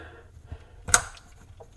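A second plastic faucet hose connector is pushed into its faucet fitting under the sink and snaps home with a sharp, bright click at 0.9 seconds. A short scrape comes just before it. The connector is seated and secured.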